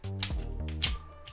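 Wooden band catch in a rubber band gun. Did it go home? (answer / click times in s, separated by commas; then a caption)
yes / 0.2 s. A wooden band catch on a rubber band gun is worked until it clicks into place at 0.2 s, seating the second catch. Further sharp clicks follow, with a loud one near 0.8 s, over a steady tonal background.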